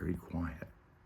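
The cross-threaded, seized top reference disc of an OE Smol manual coffee grinder is being turned gently counterclockwise on the grinder body while the handle is held still, to line up the thread ends. Someone talks throughout. Nothing has seated or clicked yet.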